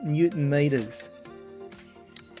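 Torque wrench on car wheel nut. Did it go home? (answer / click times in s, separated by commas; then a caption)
yes / 2.2 s, 2.4 s. A click-type torque wrench set to 108 Nm tightens a car wheel nut while someone talks over background music. The wrench gives sharp clicks at 2.2 s and 2.4 s as the setting is reached, signalling to stop pushing.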